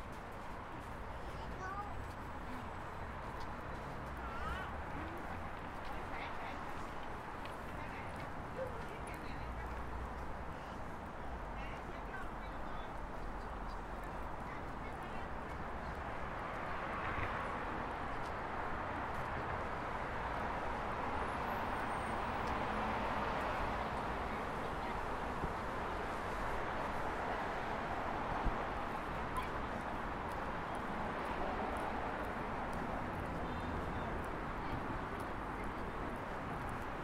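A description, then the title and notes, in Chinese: City sounds: a dense, steady wash of traffic and crowd noise with an indistinct murmur of voices running throughout. Low rumbling from vehicles sits underneath, and the din grows slightly fuller after the midpoint, with a brief sharp knock near 28 seconds. 坐在300快外晒太阳｜城市声音。很喜欢300快外公交，坐在二层的第一排，被太阳从头到脚晒着，很浪漫。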